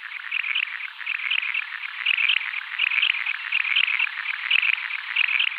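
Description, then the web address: Jack snipe display song: a galloping, rattling phrase repeated about every three quarters of a second. Male, in display flight. "Schulze Peter Jack Snipe male displayflight"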